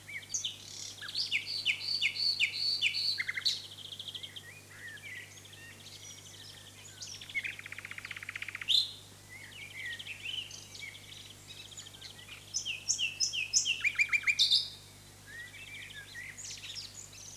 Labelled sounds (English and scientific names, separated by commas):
Common Nightingale (Luscinia megarhynchos) song